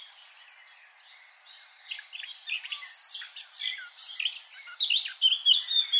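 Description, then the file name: Eurasian blackcap song opening with faint twittering, then building into a fast, loud series of varied chirps and whistles. "Sylvia atricapilla"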